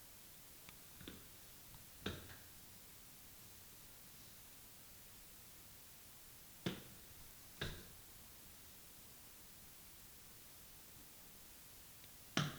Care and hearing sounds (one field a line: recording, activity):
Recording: daily activity, guitar pickup as the sensor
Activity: go upstairs